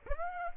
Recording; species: mosquito wingbeat signal from an infrared sensor; Aedes aegypti